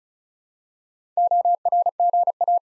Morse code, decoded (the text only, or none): ORGA